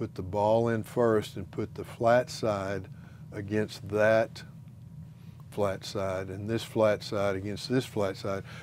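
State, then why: Seated. A dental implant analog is pushed into an impression coping, ball end first, with its flat side lined up against the coping's flat side, while someone talks. A short, sharp snap is heard at 5.4 s as the analog seats in the coping.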